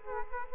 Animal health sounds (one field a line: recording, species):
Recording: mosquito wingbeat signal from an infrared sensor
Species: Culex quinquefasciatus